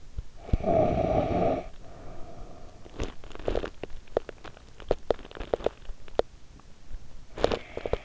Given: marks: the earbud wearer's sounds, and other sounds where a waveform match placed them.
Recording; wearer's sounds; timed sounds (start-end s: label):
sounds in sleep by an in-ear microphone; snoring breath, teeth grinding
0.35-2.91 s: snoring breath
2.91-8.05 s: teeth grinding